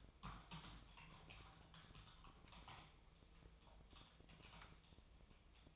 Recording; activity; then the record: daily activity, microphone in the room; typing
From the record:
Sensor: 1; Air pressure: 999.2 hPa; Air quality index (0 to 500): 209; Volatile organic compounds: 51 ppm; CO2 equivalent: 3309 ppm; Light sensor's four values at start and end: 9/22/8/9 and 9/22/8/9